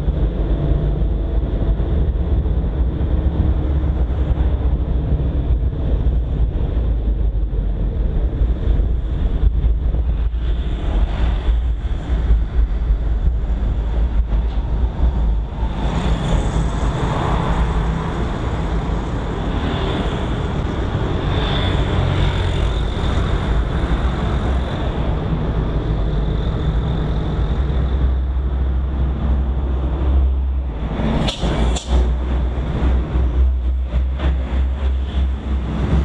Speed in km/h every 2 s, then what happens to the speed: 42, 39, 33, 27, 25, 18, 11, 5, 2, 1, 3, 2, 1, 0, 1, 0, 0, 0.
0-16 slows to 2. 16-36 standing.